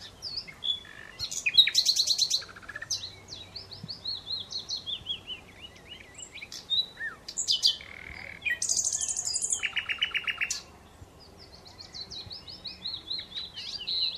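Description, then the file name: Common Nightingale singing varied phrases: rapid repeated clicking notes, a descending series of clear whistles, and harsh buzzy bursts separated by short pauses. "Luscinia megarhynchos"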